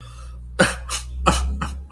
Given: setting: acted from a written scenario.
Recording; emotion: vocal sound without words; sadness